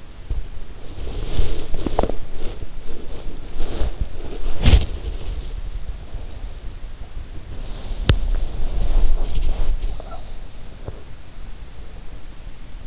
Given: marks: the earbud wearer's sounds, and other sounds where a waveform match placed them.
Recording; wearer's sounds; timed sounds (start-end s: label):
sounds in sleep by an in-ear microphone; body movement
0.00-12.87 s: body movement